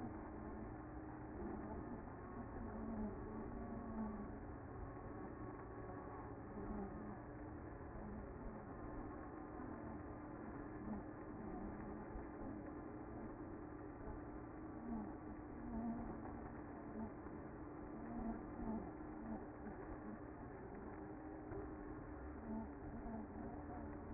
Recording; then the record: honeybee colony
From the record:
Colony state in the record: active